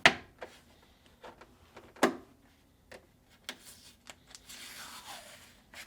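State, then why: Seated. A plastic freezer light rocker switch, part W10709259, with its connector facing up, is pressed into its opening in the plastic freezer liner of a Whirlpool refrigerator. It snaps into place with a very loud, sharp click at 0.1 s. Quieter taps and light rubbing follow.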